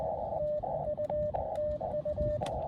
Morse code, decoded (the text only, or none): TU TU